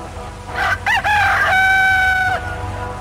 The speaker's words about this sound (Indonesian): Saat kokok ayam jantan terdengar membelah subuh yang bisu, Prabu Purbaya yang semalaman tidak tidur itu menggelengkan kepalanya pelan-pelan.